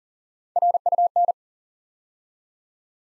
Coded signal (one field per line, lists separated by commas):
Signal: Morse code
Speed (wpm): 42 wpm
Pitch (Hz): 700 Hz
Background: none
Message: RUN